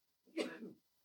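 A single brief, explosive burst of air from an adult, an ordinary sneeze.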